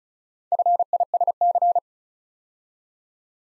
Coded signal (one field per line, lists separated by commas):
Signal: Morse code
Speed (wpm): 36 wpm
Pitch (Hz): 700 Hz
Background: none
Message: FISC